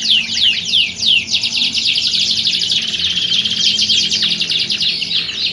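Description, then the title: Canary song, dense rolling trills and sweeping downslurred notes high in pitch, continuous, with a faint low hum beneath. Belgian canary; warm-up song used for singing contest training, simulating a contest to train a champion canary's mentality. "Canto Para Esquentar Canário Belga. Simulasi Lomba Kenari. Suara Kenari Lomba. Melatih Mental Kenari Juara"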